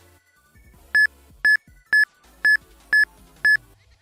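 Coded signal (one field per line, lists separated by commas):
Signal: none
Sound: pokémon timer beeps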